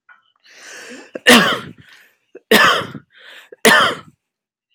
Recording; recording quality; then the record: heavy voluntary cough; excellent, no background noise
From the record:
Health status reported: exposed to COVID-19, no respiratory illness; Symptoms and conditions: sore throat, muscle pain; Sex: male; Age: 35 years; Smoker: not ticked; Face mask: not worn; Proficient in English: yes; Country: United States